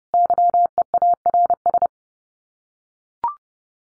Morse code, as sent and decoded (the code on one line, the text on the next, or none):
-.-- . .- .-. ...
YEARS